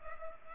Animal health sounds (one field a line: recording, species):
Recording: mosquito wingbeat signal from an infrared sensor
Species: Culex pipiens